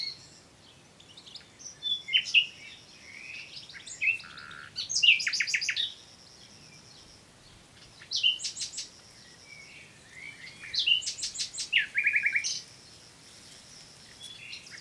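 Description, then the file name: Common nightingale song: rich phrases of sharp repeated notes, whistles and rattling trills, delivered in bursts every few seconds. "Luscinia megarhynchos"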